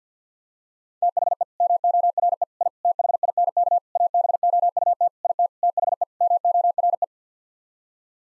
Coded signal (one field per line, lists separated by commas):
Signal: Morse code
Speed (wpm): 50 wpm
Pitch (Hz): 700 Hz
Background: none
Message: THE MORE I THINK ABOUT IT THE MORE